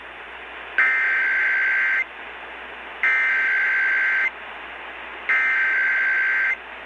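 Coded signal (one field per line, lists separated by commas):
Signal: Emergency Alert System (SAME) tones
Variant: header bursts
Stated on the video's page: Required monthly EAS test on an AM station at 1160 kHz, received at a distant location.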